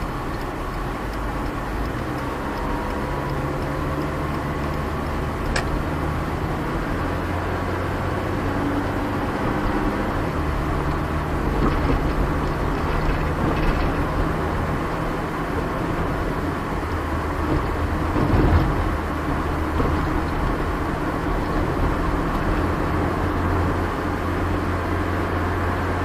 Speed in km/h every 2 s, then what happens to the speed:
29, 31, 34, 37, 43, 49, 53, 54, 56, 55, 55, 58, 59.
0-12 speeds up to 53. 12-26 steady at about 55.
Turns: none.